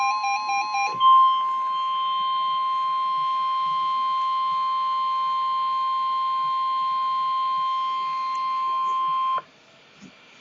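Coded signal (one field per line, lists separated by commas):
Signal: Emergency Alert System (SAME) tones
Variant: 1050 Hz attention tone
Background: music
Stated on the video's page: Flash Flood Emergency and Civil Emergency Message for Boulder County, Colorado, received live on NOAA Weather Radio.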